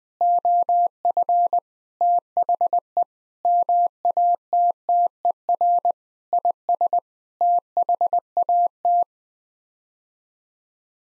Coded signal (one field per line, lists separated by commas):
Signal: Morse code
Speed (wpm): 21 wpm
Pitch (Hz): 700 Hz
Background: none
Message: OF THE MATTER IS THAT